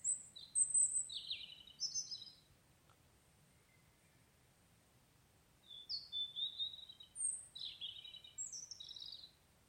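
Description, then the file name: European robin giving high, sweet, fluting song phrases, first a cluster of descending notes, then a long quiet pause before another varied, tumbling phrase. "Erithacus rubecula"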